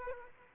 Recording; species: mosquito wingbeat signal from an infrared sensor; Aedes aegypti